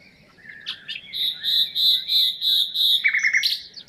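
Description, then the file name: Common nightingale song with a loud phrase of several evenly repeated whistled notes, followed by a short buzzy rattle and a sharp chirp. "Luscinia megarhynchos"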